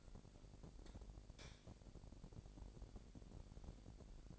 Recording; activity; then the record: daily activity, microphone in the room; light on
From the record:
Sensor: 5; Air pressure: 1012.0 hPa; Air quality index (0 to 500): 249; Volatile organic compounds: 5 ppm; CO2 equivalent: 1718 ppm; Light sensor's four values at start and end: 41/96/40/43 and 42/101/42/45